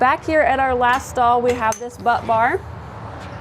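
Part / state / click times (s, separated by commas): horse stall butt bar into its trailer wall bracket / not seated / none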